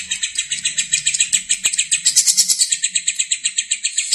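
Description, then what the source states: Lovebird calling in fast, piercing chirps repeated without pause, briefly growing louder and buzzier midway before returning to the steady rapid pattern. Lovebird singing in the konslet style.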